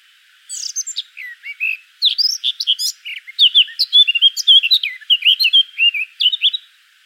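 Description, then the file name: Eurasian blackcap song, a fast, varied warble of sweet whistled notes and sharp chirps, delivered continuously for about six seconds. "Sylvia atricapilla"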